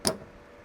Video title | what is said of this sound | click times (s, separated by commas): Next Gen Ford Ranger - VW Amarok DIY Accessory Harness Installation Guide | so we're going for our red one now same thing push till we hear a solid click | 0.1 s